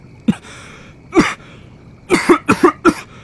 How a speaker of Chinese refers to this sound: 姚文玉缓了些许，待咳嗽下去才继续说